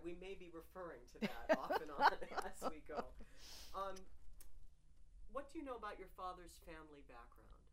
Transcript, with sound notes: We may be referring to that off and on as we go. ( they laugh ) Um, what do you know about your father's family background?